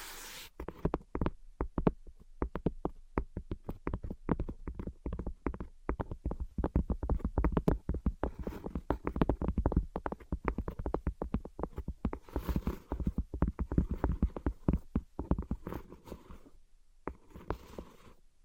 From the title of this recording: Tapping and Scratching